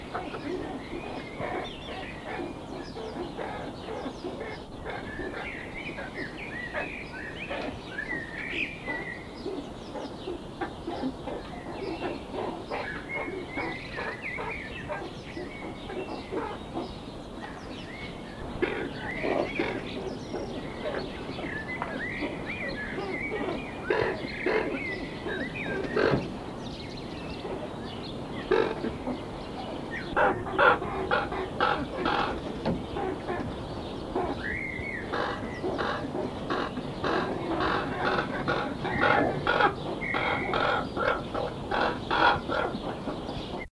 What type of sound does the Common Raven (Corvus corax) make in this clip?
call